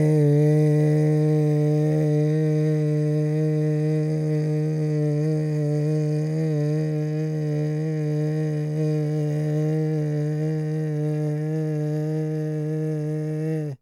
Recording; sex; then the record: sustained vowel /e/; male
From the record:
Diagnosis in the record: Parkinson's disease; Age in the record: 56 years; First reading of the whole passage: 87 s, 6.0 characters per second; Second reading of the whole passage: 67 s, 7.8 characters per second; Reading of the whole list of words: 59 s, 4.8 characters per second